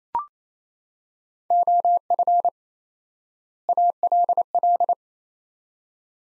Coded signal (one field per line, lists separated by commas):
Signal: Morse code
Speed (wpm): 28 wpm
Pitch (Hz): 700 Hz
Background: none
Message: OF ALL